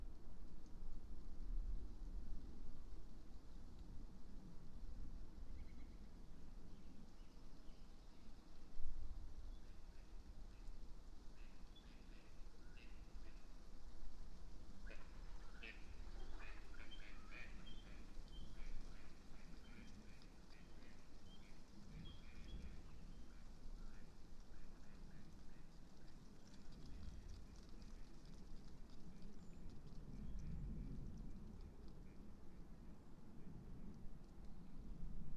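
A passing thunderstorm fills the clip with a deep, steady rumble that swells slightly near nine seconds and rolls on unbroken. Over it, birds chirp and call in scattered bursts, busiest from about fifteen to twenty seconds and again near thirty.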